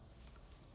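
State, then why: Not seated. A lens hood with small groove channels inside is lined up with the latch on a telephoto lens and pushed toward it, giving only quiet, steady handling noise for under a second with no sharp transients. Nothing has seated or clicked yet; the hood is not yet snapped home on the latch.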